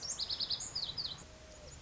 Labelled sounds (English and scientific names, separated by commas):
Lazuli Bunting (Passerina amoena)